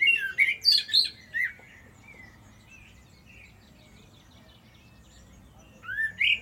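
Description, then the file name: Common blackbird song: a short burst of mellow warbled notes, then quiet, then another rising whistle at the end. "Turdus merula"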